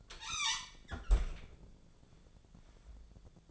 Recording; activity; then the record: daily activity, microphone in the room; close fridge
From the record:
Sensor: 5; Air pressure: 1000.2 hPa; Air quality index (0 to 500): 105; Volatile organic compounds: 1 ppm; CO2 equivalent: 845 ppm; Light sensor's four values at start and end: 237/563/240/262 and 234/555/237/258